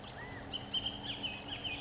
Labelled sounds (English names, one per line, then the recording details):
Bullock's Oriole
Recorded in Sonoma County, California